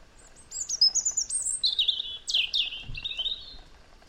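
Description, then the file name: European robin song: a lively, high phrase of clear whistles sliding down into quick, sweet warbles and trills lasting about three seconds. "Erithacus rubecula"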